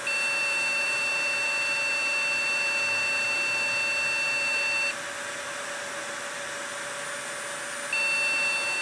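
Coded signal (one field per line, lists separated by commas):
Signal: beep code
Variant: Award BIOS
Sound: steady high beep about 5 seconds, 3 second pause, then the beep starts again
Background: computer fan noise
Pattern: 1 long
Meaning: Long repeating beeps mean no memory installed or detected, so the PC won't boot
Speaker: show what happens with no memory same error code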